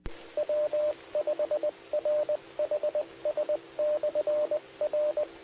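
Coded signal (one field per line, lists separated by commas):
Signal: Morse code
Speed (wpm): 20 wpm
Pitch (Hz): 600 Hz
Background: radio noise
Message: W5RHS/R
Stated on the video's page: Morse ident on SKYWARN repeater system, 147.1200 and 146.8050 MHz.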